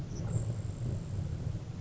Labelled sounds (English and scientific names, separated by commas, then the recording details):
Grasshopper Sparrow (Ammodramus savannarum)
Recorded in Sonoma County, California